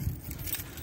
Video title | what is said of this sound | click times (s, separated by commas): 2018-Burstner Lyseo TD 744 Harmony Edition | again just click and you'll hear the flying click open it up | 0.3 s